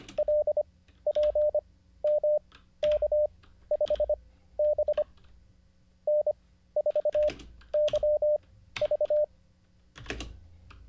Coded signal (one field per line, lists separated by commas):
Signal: Morse code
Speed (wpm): 25 wpm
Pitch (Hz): 600 Hz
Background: none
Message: LPMK5B N4YV